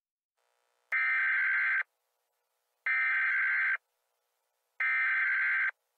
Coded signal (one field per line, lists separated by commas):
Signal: Emergency Alert System (SAME) tones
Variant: header bursts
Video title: Nuclear Karens: An EAS Scenario